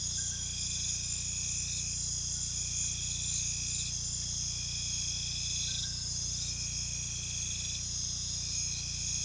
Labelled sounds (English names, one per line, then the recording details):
none
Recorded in pastures near Puerto Asís, Putumayo, Colombia, on 16 December 2024 at 21:30
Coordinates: 0.472, -76.331
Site GP02